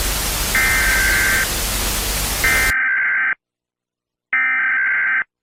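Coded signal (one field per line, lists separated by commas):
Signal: Emergency Alert System (SAME) tones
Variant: header bursts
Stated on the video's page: Fictional EAS scenario in an analog horror work.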